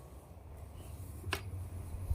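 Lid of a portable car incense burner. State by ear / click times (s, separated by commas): seated / 1.3 s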